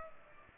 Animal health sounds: mosquito wingbeat signal from an infrared sensor; Culex pipiens

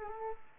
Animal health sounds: mosquito wingbeat signal from an infrared sensor; Aedes aegypti

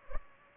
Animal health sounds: mosquito wingbeat signal from an infrared sensor; Culex pipiens

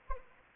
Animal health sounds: mosquito wingbeat signal from an infrared sensor; Anopheles arabiensis

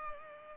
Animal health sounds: mosquito wingbeat signal from an infrared sensor; Culex pipiens

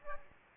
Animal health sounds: mosquito wingbeat signal from an infrared sensor; Aedes aegypti

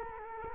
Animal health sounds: mosquito wingbeat signal from an infrared sensor; Culex quinquefasciatus

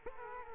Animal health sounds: mosquito wingbeat signal from an infrared sensor; Culex quinquefasciatus

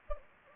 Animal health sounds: mosquito wingbeat signal from an infrared sensor; Anopheles gambiae

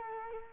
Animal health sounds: mosquito wingbeat signal from an infrared sensor; Culex quinquefasciatus

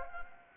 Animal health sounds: mosquito wingbeat signal from an infrared sensor; Anopheles gambiae

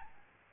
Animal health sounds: mosquito wingbeat signal from an infrared sensor; Aedes albopictus

